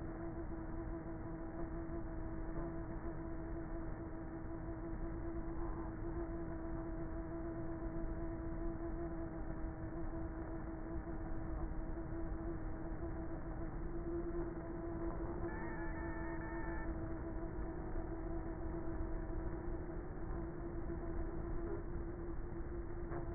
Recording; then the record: honeybee colony, microphone inside the hive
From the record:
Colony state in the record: queenless with a low population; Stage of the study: before two queens were removed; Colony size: about 30,000 bees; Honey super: no